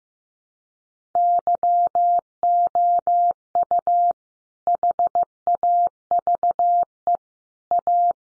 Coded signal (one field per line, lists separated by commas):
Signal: Morse code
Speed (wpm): 15 wpm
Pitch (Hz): 700 Hz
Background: none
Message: YOU HAVE A